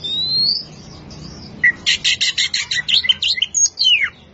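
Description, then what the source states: Oriental magpie-robin: a long rising whistle, then a rapid series of harsh chattering notes ending in a falling slurred whistle, over a low hum. Champion singing bird.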